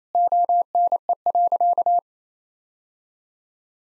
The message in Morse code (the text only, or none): ONE.